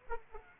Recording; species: mosquito wingbeat signal from an infrared sensor; Aedes aegypti